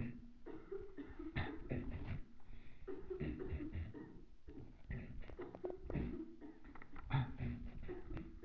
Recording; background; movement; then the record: throat clearing; a bystander coughing; sitting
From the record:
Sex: male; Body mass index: 23.7 kg/m2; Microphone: on the chest, facing the body